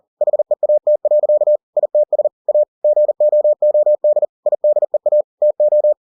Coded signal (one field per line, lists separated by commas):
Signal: Morse code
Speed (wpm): 40 wpm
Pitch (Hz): 600 Hz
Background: none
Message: HEAT. ITS A GOOD IDEA TO